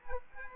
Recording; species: mosquito wingbeat signal from an infrared sensor; Aedes aegypti